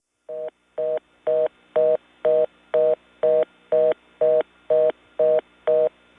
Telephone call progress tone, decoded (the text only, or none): reorder tone